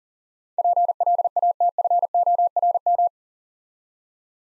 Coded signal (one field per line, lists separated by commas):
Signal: Morse code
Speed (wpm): 42 wpm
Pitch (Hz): 700 Hz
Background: none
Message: PLATFORM